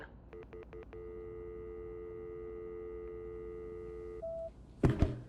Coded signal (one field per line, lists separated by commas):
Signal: telephone call progress tone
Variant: North America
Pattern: dial tone